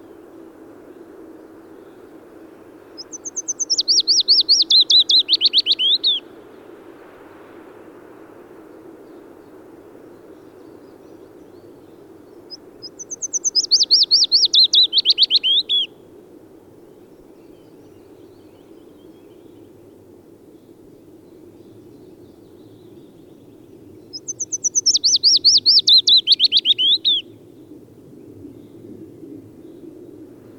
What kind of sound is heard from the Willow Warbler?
song